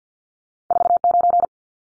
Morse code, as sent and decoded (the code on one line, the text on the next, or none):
....- ----.
49